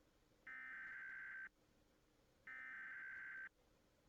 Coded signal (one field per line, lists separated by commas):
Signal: Emergency Alert System (SAME) tones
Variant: header bursts